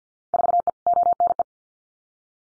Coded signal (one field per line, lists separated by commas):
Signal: Morse code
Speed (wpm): 50 wpm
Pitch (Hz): 700 Hz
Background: none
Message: 4E ONE